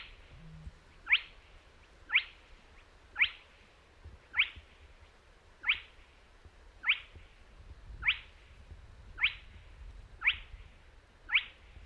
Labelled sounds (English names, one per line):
Spotted Crake